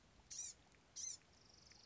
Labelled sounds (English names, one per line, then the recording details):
Blue-gray Gnatcatcher
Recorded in Sonoma County, California